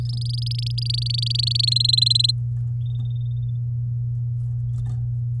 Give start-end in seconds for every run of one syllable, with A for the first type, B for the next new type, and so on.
0.05-1.65 A, 1.67-2.31 B